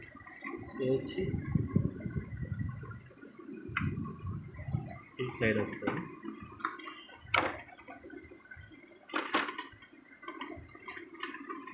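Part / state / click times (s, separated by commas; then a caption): internal part or connector latching into inkjet printer / not seated / none. Inside an Epson M200 inkjet printer being repaired for a no-power fault, an internal part, possibly a cable connector or latch, is pushed into place from the side while someone talks. Handling noises and a few sharp taps and knocks are heard. Nothing has seated or clicked yet; the part is not yet home when the clip ends.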